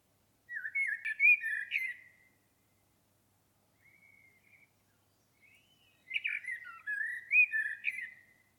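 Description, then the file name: Common blackbird delivering rich fluted warbles with high trailing twitters, soft short notes in the pause, then another long melodious phrase. "Turdus merula"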